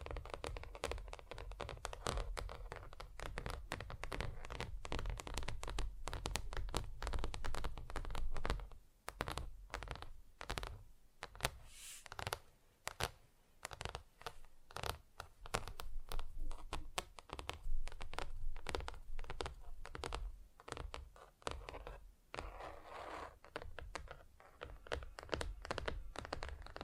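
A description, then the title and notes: Dense, rapid tapping on different surfaces runs throughout, with sharp clicks over a low rumble and brief quieter gaps near 9 and 13 seconds. ASMR Just Tapping (Different Surfaces No Talking).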